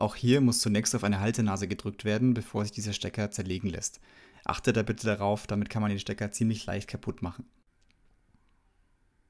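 Someone talks for about 7.5 seconds while handling the plastic plug connector on the Hall-sensor cable of a Super Soco TC electric moped's motor controller, which is being checked for fault code 96 and has a retaining latch that must be pressed before the halves come apart. Near silence follows. The connector halves have not yet been pushed together, and nothing has clicked or seated yet.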